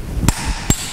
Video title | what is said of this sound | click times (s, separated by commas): Replacing a cylinder head gasket on a Triumph Stag. | it clicks and then this one | 0.3 s